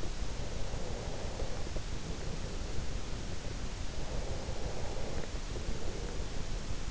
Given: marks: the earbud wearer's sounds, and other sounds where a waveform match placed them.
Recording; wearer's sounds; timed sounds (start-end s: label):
sounds in sleep by an in-ear microphone; breath
0.21-2.59 s: breath
4.04-6.91 s: breath